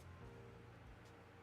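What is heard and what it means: A plastic case lid is aligned along its border ridges and handled over a single-board computer case, with a steady low hum and faint handling noise, including a soft brushing rustle near 1.1 seconds. Nothing has seated or clicked yet; the lid is not yet home.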